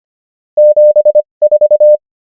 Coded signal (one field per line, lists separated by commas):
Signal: Morse code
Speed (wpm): 25 wpm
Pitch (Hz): 600 Hz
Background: none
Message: 74